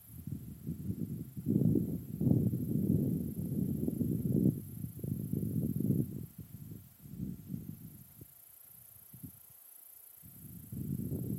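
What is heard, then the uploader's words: Outdoors on a high hilltop, low wind gusts rumble heavily for six seconds, thin into brief gaps around eight to ten seconds, then return. A binaural recording from Saskatchewan's Highest Point - an unnamed point in Cypress Hills.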